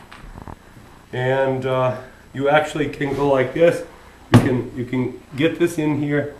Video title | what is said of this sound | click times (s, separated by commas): …| so that it actually fits in there you can hear it click in when it's in | 0.4 s, 0.5 s